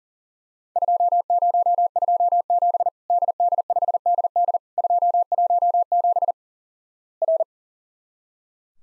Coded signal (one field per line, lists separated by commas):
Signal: Morse code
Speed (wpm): 37 wpm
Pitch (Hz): 700 Hz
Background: none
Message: 2027 DD5DD 217 R